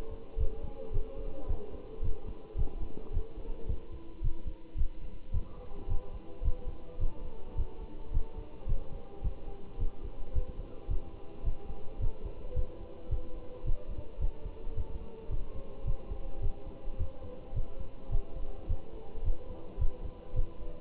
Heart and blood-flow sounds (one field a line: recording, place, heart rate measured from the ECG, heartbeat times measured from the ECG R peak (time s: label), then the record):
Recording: heart sounds by stethoscope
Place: between the tricuspid and mitral areas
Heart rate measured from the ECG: 108 bpm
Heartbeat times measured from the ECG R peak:
0.39 s: heartbeat
0.93 s: heartbeat
1.49 s: heartbeat
2.03 s: heartbeat
2.58 s: heartbeat
3.13 s: heartbeat
3.68 s: heartbeat
4.23 s: heartbeat
4.78 s: heartbeat
5.33 s: heartbeat
5.89 s: heartbeat
6.44 s: heartbeat
7.00 s: heartbeat
7.57 s: heartbeat
8.13 s: heartbeat
8.68 s: heartbeat
9.24 s: heartbeat
9.80 s: heartbeat
10.35 s: heartbeat
10.90 s: heartbeat
11.45 s: heartbeat
12.01 s: heartbeat
12.56 s: heartbeat
13.11 s: heartbeat
13.66 s: heartbeat
14.21 s: heartbeat
14.77 s: heartbeat
15.31 s: heartbeat
15.86 s: heartbeat
16.42 s: heartbeat
16.99 s: heartbeat
17.55 s: heartbeat
18.12 s: heartbeat
18.69 s: heartbeat
19.25 s: heartbeat
19.80 s: heartbeat
20.36 s: heartbeat
From the record:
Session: Bruce protocol treadmill stress test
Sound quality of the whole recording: good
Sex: male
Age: 25 years